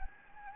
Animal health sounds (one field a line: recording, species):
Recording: mosquito wingbeat signal from an infrared sensor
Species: Anopheles gambiae